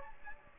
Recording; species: mosquito wingbeat signal from an infrared sensor; Aedes aegypti